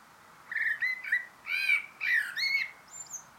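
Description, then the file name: Eurasian blackbird vocalizing a series of harsh, arched, slightly squawky notes with a thin high note at the end. "Turdus merula"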